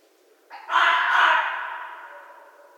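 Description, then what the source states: Red fox producing a brief rough note followed by a long, raucous scream that weakens gradually over two seconds. Recorded in 2012.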